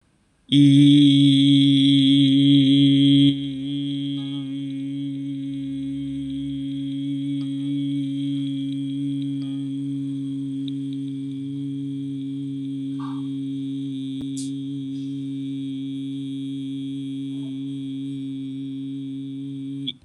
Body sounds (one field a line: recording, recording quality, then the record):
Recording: sustained vowel as in beet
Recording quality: excellent, no background noise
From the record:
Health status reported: healthy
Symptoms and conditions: none ticked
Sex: male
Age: 18 years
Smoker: not ticked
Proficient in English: yes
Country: India